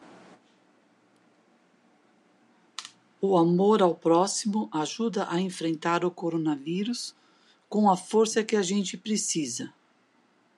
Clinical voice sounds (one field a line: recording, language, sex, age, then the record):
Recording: spoken sentence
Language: Brazilian Portuguese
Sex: female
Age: 50 to 59 years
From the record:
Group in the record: control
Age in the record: 59 years